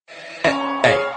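An adult sneezes.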